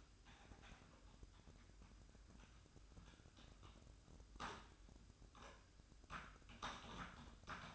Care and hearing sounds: daily activity, microphone in the room; typing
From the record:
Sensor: 2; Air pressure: 1007.5 hPa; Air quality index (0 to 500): 43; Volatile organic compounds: 1 ppm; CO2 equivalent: 549 ppm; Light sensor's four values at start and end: 9/22/9/10 and 9/22/9/10

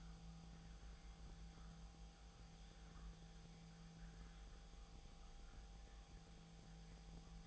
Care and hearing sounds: daily activity, microphone in the room; make coffee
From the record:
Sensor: 1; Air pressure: 1009.4 hPa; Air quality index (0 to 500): 196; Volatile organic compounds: 19 ppm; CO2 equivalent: 2672 ppm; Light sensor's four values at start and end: 29/74/30/36 and 29/73/30/36

